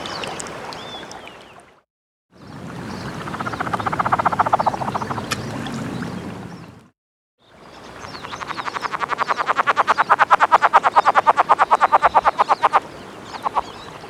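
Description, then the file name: Cascades frog producing a steady rapid series of clucking pulses in the latter half, preceded by rustling noise and brief silent breaks. Encounter calls. "rcascadae 5 encounters"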